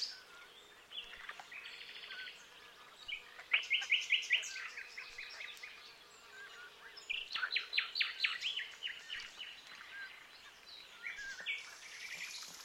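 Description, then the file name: Common nightingale song against a steady background hiss: bursts of fast rattling trills and scratchy phrases separated by short pauses. "Luscinia megarhynchos"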